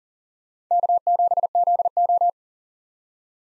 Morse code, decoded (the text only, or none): K7ZO